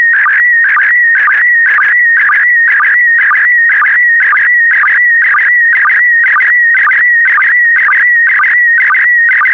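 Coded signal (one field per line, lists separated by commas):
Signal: SSTV (slow-scan television)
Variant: PD120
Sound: steady warbling whistle near 1.9 kHz, broken by rattly chirping bursts about twice a second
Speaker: the next image transmission will start in 10 seconds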